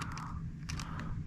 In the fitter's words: Push it in there until it clicks.